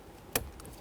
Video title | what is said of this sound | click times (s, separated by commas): How to Replace Fan Control Switch 1997-2006 Jeep Wrangler | push it on you're going to feel and hear it snap into place | 0.4 s